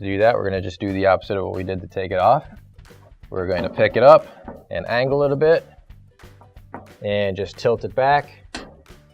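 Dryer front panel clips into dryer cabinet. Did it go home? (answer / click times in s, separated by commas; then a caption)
yes / 8.6 s, 8.9 s. Someone talks while lifting, angling and tilting back the front panel of a Maytag gas dryer, during an LP to natural gas conversion (part WP33002924). The panel's two metal clips snap onto the cabinet with sharp clicks at 8.6 s and 8.9 s, and the front panel is seated in place.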